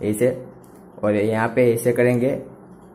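A tripod leg's plastic flip-lock clamp on a telescoping aluminium leg is being handled after the leg section is extended, while someone talks throughout. Nothing has seated or clicked yet.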